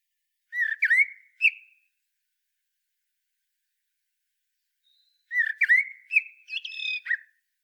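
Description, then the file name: Common blackbird singing two short fluty whistled phrases several seconds apart, the second ending in a squeaky twitter; otherwise silent. "Turdus merula"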